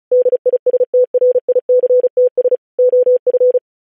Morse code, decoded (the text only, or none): DISTRICTS OF